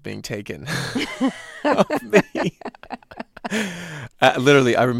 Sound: laughter

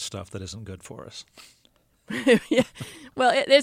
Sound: laughter

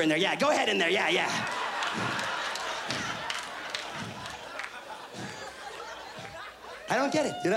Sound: soundbite of laughter

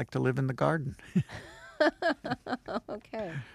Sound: soundbite of laughter

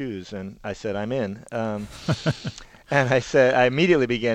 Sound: soundbite of laughter

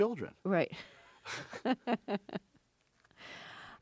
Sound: soundbite of laughter

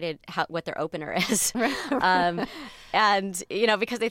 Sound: laughter

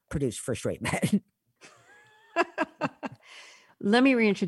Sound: laughter

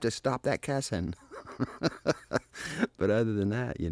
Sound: soundbite of laughter

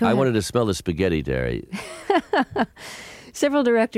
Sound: laughter

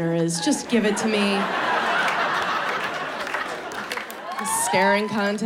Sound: laughter

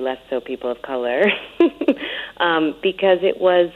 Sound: laughter

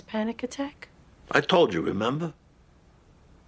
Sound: none

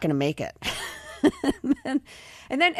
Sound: laughter

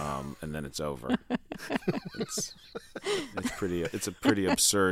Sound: laughter

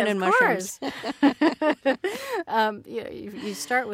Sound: laughter

